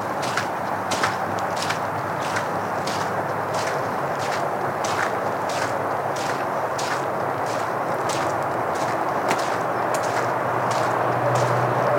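Footsteps crunch along a woodland trail at a steady walking pace, each step a crisp tick over a constant, dense rushing wash.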